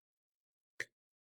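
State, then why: Seated. A small plastic part at the bottom of a microphone mount is pressed into position during assembly of a microphone kit. A single short, sharp click is heard at 0.8 s, with silence before and after. The part seats into place.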